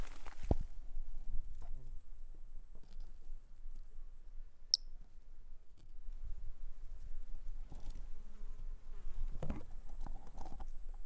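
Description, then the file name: Toadlet call: one brief, high, sharp note amid intermittent rustling, thumps and a faint steady high whine. A single individual, numbered 08, not collected, recorded on 10 March 2016. "Brachycephalus tridactylus individual 08 not collected by MR Bornschein 160310"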